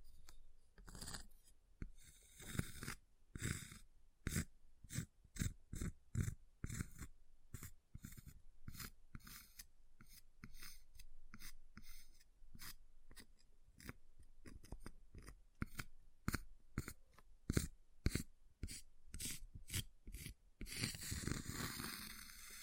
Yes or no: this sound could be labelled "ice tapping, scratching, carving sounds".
yes